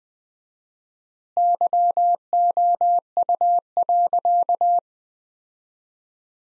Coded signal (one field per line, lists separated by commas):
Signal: Morse code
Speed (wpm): 20 wpm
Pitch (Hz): 700 Hz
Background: none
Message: YOU.